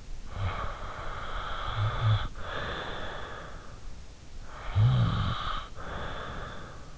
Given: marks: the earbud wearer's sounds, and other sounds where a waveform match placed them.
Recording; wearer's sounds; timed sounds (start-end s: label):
sounds in sleep by an in-ear microphone; breath, snoring breath
0.01-3.73 s: breath
4.25-6.98 s: snoring breath